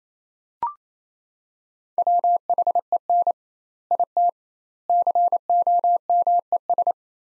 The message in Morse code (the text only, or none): WHEN IT COMES